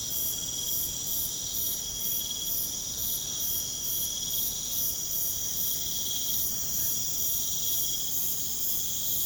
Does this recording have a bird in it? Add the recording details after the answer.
no. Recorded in pastures near Puerto Asís, Putumayo, Colombia, on 22 June 2025 at 21:00. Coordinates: 0.472, -76.331. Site G095